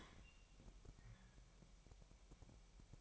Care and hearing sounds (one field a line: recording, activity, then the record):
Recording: daily activity, microphone in the room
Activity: open fridge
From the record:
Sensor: 1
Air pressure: 1002.0 hPa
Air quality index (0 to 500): 244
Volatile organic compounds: 49 ppm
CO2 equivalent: 3286 ppm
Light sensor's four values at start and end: 8/28/10/11 and 8/28/10/11